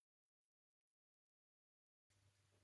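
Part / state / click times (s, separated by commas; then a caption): suspension insert into RC car suspension arm / not seated / none. A small plastic suspension insert on a Team Associated TC8 1/10th RC touring car is handled while angled so its slot is half in the hole, ready to be pushed into the suspension arm in one go. Faint, scattered taps and handling sounds come through the first 1.3 seconds, then at about 2.1 seconds a sudden loud, broad noise with a steady low hum runs to the end. Nothing has seated or clicked yet.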